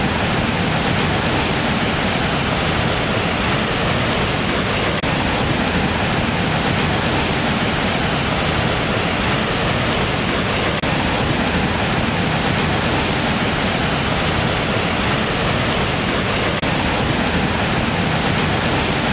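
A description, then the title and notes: A waterfall roars in a steady, dense wash of rushing water that holds the same level from start to finish. The sound fills everything from a low rumble up to a bright hiss, with no pauses, surges or other sounds breaking through. White Noise Waterfall Sleep Sounds.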